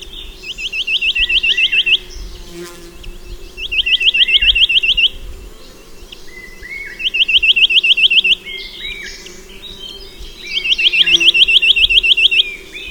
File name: snowy browed nuthatch